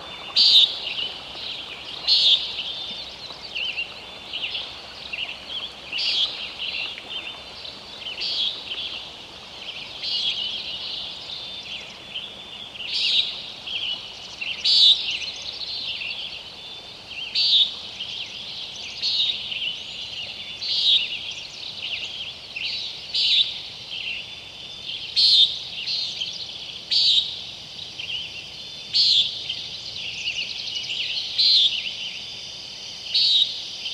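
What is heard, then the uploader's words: Dawn chorus of birds and frogs before a summer sunrise at Sauvie Island. Bright, high calls burst out every second or two for the whole stretch, overlapping in a busy, fairly regular rhythm, over a faint, steady low rumble. Dawn, just before a summer sunrise at Sauvie Island Wildlife Area... blue quail, ring neck doves, redwing blackbirds, bull frogs, pacific chorus frogs.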